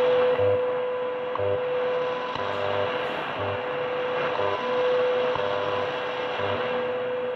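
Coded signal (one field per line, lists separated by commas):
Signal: radio time signal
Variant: WWV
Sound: steady 500 Hz tone with soft second ticks and low pulsing time-code hum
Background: radio static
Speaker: Oh a pretty good signal here from WWV time signal from Boulder Colorado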